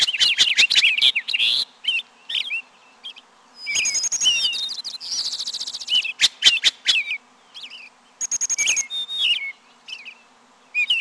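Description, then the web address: Bird giving rapid chattering clicks, squeaky slurred notes and brief buzzy trills, delivered in uneven bursts throughout. "Peterson North American Birds"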